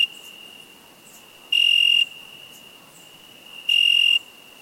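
Cricket chirps, two bright high-pitched bursts about two seconds apart over a continuous thin ringing tone, after the tail of another at the start.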